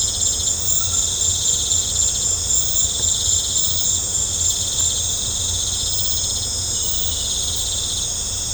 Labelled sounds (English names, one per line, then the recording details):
none
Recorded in pastures near Puerto Asís, Putumayo, Colombia, on 18 December 2024 at 19:00
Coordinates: 0.502, -76.324
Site G077